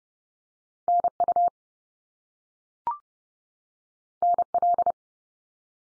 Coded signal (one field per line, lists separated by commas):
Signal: Morse code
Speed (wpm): 30 wpm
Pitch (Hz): 700 Hz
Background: none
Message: NU NL